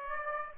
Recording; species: mosquito wingbeat signal from an infrared sensor; Aedes aegypti